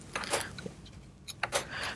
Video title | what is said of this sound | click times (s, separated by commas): Dell PowerEdge R330 Server Review & Overview - Memory Install Tips - How to Configure System | those two clicks let you know that it's fully inserted | 0.2 s, 1.4 s